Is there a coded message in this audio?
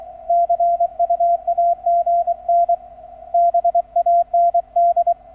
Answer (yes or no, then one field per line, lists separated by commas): yes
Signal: Morse code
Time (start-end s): 0.3-5.1 s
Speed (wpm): 19 wpm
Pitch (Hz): 680 Hz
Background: none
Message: CU AGN BAND